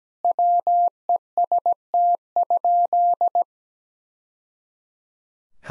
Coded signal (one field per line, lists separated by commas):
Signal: Morse code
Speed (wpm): 17 wpm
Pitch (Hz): 700 Hz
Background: none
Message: WEST?